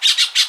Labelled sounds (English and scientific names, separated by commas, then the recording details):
Brown-throated Parakeet (Eupsittula pertinax) contact call
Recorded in Aruba